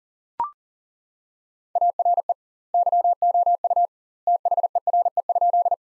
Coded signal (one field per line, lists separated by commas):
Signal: Morse code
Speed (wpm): 37 wpm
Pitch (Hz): 700 Hz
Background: none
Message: ARE YOU THERE?